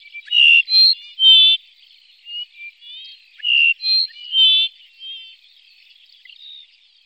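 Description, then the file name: Dupont's lark song: nasal, whistled and buzzy notes in short bursts, with a loud phrase repeated after about three seconds, between quieter thin notes. "skřivan-dupontův"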